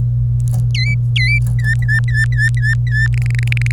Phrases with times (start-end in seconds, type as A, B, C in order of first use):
0.74-1.39 A, 1.59-3.07 B, 3.14-3.71 C